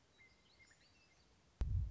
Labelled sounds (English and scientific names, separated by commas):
Western Meadowlark (Sturnella neglecta)